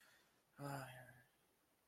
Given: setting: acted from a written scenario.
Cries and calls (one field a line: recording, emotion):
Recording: vocal sound without words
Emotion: disappointment